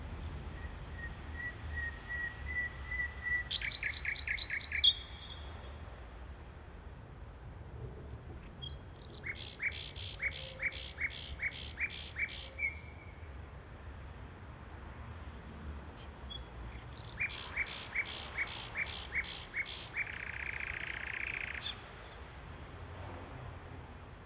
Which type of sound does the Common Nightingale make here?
song